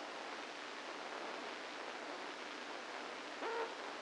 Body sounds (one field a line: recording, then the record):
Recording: brain microelectrode recording played as sound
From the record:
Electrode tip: inside the subthalamic nucleus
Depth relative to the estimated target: -1 mm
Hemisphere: left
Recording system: NeuroSet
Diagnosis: Parkinson's disease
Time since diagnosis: 8 years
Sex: male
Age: 65 years